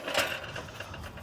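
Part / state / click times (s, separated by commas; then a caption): add-on tray hooks into the back of the previous bike rack tray / seated / 0.6 s, 0.8 s. The hooks of a third add-on tray on a QuikRStuff Mach 2 bike rack are lined up with the tray in front and pressed down into the back of it until they lock. Two light metal clicks sound at 0.6 s and 0.8 s as the hooks lock into the rack.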